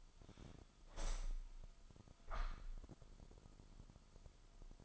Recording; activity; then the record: daily activity, microphone in the room; open window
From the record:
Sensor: 5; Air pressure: 1004.7 hPa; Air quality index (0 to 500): 81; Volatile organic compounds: 1 ppm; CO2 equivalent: 969 ppm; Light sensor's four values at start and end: 34/80/32/31 and 34/80/32/31